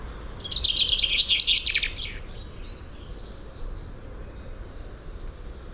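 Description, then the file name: Common chaffinch song: a rapid, buzzy phrase of about one and a half seconds, followed by a few thin high whistles over faint background hiss. "Fringilla coelebs"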